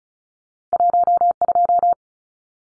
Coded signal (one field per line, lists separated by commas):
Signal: Morse code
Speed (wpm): 34 wpm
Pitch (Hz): 700 Hz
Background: none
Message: 12